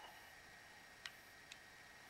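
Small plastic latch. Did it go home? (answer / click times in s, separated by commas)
released / 1.1 s, 1.5 s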